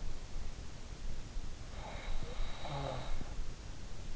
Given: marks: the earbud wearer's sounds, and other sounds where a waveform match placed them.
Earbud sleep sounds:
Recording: sounds in sleep by an in-ear microphone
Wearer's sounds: breath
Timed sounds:
1.58-3.81 s: breath

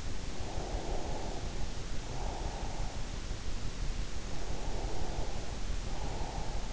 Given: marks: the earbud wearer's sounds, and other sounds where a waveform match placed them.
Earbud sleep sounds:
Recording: sounds in sleep by an in-ear microphone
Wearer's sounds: breath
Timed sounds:
0.44-2.96 s: breath
4.42-6.73 s: breath

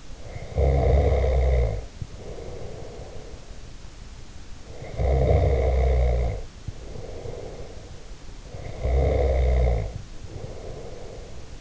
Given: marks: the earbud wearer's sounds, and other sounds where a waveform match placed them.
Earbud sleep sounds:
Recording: sounds in sleep by an in-ear microphone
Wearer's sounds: snoring breath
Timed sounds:
0.00-3.54 s: snoring breath
4.58-8.24 s: snoring breath
8.38-11.61 s: snoring breath

